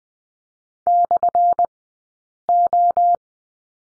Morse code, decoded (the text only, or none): /O